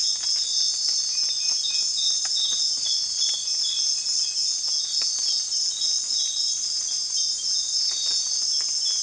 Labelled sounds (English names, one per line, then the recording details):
none
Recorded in secondary vegetation near Puerto Asís, Putumayo, Colombia, on 19 June 2025 at 04:00
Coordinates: 0.485, -76.322
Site GP06